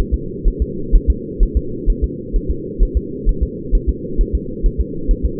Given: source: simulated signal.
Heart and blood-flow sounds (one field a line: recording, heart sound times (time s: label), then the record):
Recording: fetal heart sounds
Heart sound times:
0.14 s: S2
0.48 s: S1
0.62 s: S2
0.95 s: S1
1.10 s: S2
1.43 s: S1
1.57 s: S2
1.90 s: S1
2.04 s: S2
2.36 s: S1
2.51 s: S2
2.83 s: S1
2.97 s: S2
3.29 s: S1
3.43 s: S2
3.75 s: S1
3.89 s: S2
4.21 s: S1
4.35 s: S2
4.66 s: S1
4.81 s: S2
5.11 s: S1
5.25 s: S2
From the record:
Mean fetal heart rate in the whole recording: 130 bpm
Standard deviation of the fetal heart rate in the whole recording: 2 bpm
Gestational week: 38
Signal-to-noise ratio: -4.3 dB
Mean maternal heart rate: 72 bpm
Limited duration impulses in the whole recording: absent